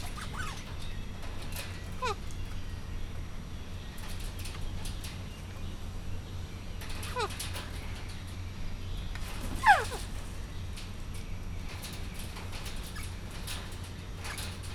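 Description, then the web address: Bare-eyed cockatoo giving a few scattered, falling whistled notes, one louder call about two-thirds of the way through, against a constant low hum. Captive bird at a zoo in Miskolc, recorded 2018, described as slightly indisposed. "2018 csupaszszemu kakadu kisseindiszponaltan"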